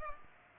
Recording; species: mosquito wingbeat signal from an infrared sensor; Culex pipiens